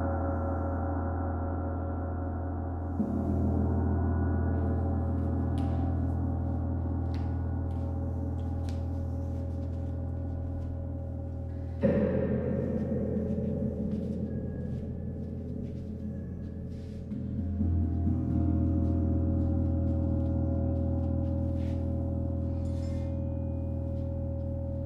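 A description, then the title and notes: A sound bath of deep, sustained gong-like drones that swell at about three, twelve and seventeen seconds, with faint taps and chimes above. Sound Bath #008: Ravina Daswani. Recorded in December 2022, the paint had just dried in her new space and not all of her instruments were there. Each hit from other bowls shaped the sound in such unique ways. It was my first time for me to record a gong bath and I was surprised at how much power it had.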